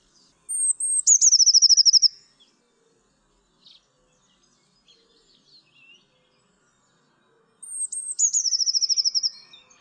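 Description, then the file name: Eurasian blue tit song: a thin high introductory note falling into a quick, evenly spaced trill, given twice about seven seconds apart, with faint chirps in between. "MODRASZKA"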